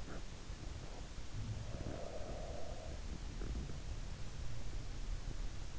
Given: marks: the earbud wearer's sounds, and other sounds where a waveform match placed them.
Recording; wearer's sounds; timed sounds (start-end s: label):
sounds in sleep by an in-ear microphone; breath
1.47-3.43 s: breath